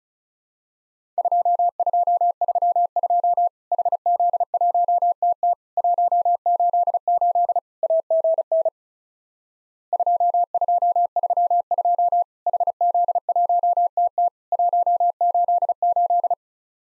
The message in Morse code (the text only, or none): 2232 HZ1TT 188 AGN 2232 HZ1TT 188